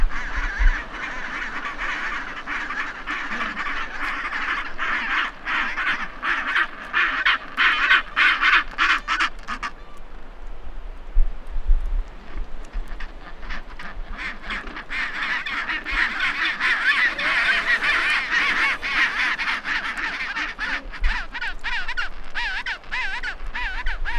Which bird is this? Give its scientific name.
Pygoscelis papua